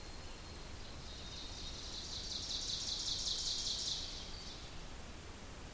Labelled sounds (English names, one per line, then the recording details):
Ovenbird song
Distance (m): 60 m
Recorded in boreal forest in Alberta, Canada, on 2 June 2016 at 07:01
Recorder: SongMeter 3, array SBT-3-7
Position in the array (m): 238 m, 38 m
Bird 6